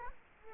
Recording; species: mosquito wingbeat signal from an infrared sensor; Culex quinquefasciatus